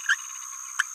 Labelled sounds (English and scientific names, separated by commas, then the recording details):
Green-rumped Parrotlet (Forpus passerinus) babbling
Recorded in a nest box in Venezuela
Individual 18B17A4